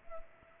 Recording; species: mosquito wingbeat signal from an infrared sensor; Culex pipiens